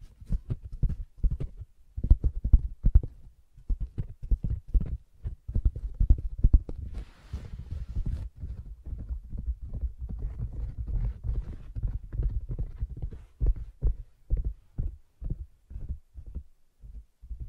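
Soft tapping on a fabric surface, a steady run of dull, low thumps at a quick, fairly even pace. Around seconds 7 to 8 a brief, brighter scratching rustle cuts in, and from about 10 to 13 the taps blur into denser scratching before the separate thumps return.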